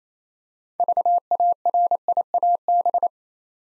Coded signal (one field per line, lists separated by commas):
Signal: Morse code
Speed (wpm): 27 wpm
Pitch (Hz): 700 Hz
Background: none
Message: VARIAB